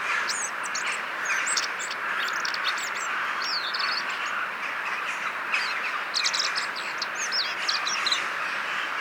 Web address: SETE data Turdus merula